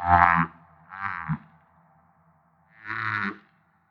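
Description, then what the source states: Humpback whale song: three buzzy, harmonic moaning units, the last after a longer pause. Recorded off Maui.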